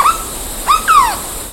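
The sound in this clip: Bird calls, three clear whistled notes, the first two short and level, the last longer and sliding downward, over a quiet steady background hiss.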